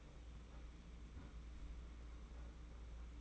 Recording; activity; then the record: daily activity, microphone in the room; close fridge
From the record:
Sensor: 1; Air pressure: 991.8 hPa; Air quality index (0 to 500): 205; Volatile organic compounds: 1000 ppm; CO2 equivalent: 7941 ppm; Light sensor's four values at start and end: 28/99/38/38 and 28/99/38/38